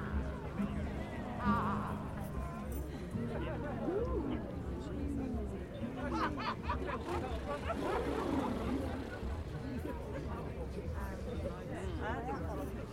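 A crowd gathers at Stonehenge for the solstice, many voices talking over one another in a steady, dense babble. The murmur stays even for the whole stretch, with a few brighter voices rising out of it, and a low constant rumble underneath.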